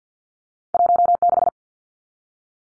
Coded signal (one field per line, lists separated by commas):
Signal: Morse code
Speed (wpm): 50 wpm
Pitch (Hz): 700 Hz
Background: none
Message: 16